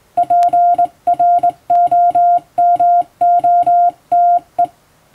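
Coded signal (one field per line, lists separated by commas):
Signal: Morse code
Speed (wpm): 20 wpm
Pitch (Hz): 700 Hz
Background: music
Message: PROMOTE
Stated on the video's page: Hand-keyed Morse sent with a telegraph key from a telegram practice book, as a sending practice.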